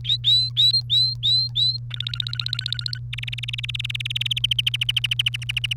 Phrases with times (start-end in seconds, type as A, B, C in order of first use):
0.04-1.77 A, 1.91-2.98 B, 3.13-4.39 C, 4.44-5.73 D